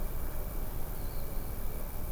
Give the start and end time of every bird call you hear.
[0.95, 1.20] Dunlin

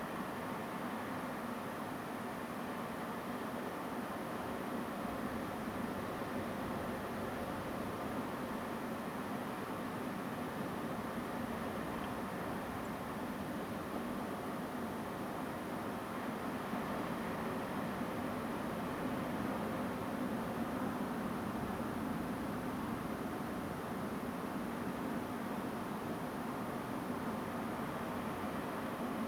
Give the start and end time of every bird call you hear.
[12.84, 12.88] Song Thrush

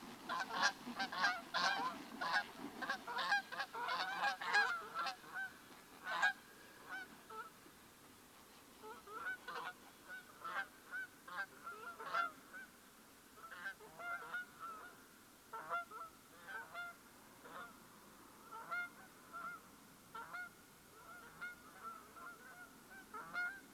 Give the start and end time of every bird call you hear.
[0.28, 0.71] Canada Goose
[0.96, 2.46] Canada Goose
[2.80, 5.51] Canada Goose
[6.04, 6.35] Canada Goose
[6.89, 7.51] Canada Goose
[8.82, 9.74] Canada Goose
[10.09, 12.66] Canada Goose
[13.38, 14.93] Canada Goose
[15.54, 16.95] Canada Goose
[17.43, 17.73] Canada Goose
[18.51, 19.59] Canada Goose
[20.14, 20.49] Canada Goose
[20.93, 23.60] Canada Goose

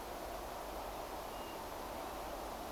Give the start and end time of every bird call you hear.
[1.32, 1.58] European Golden Plover

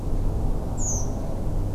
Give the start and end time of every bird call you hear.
[0.77, 1.05] Redwing

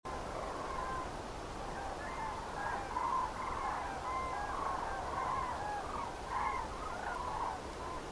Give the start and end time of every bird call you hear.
[0.04, 1.06] Common Crane
[1.75, 7.55] Common Crane
[7.80, 7.99] Common Crane

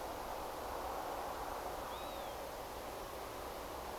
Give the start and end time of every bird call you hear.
[1.90, 2.34] Northern Lapwing

